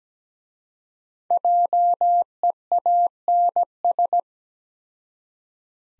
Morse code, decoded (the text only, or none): JEANS